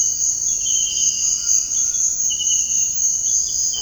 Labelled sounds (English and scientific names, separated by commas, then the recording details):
none
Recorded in dense forest near Puerto Asís, Putumayo, Colombia, on 20 February 2024 at 06:30
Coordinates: 0.485, -76.325
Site G6429